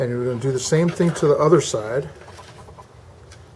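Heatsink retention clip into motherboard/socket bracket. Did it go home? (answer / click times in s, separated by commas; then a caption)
yes / 3.3 s. Someone talks for the first two seconds while the second plastic retention clip on a Socket 775 CPU heatsink is pressed into place on the other side, into the motherboard socket bracket, after the first clip already snapped in. After the talking fades to quiet, a short sharp snap is heard at 3.3 s as the clip locks the heatsink in place.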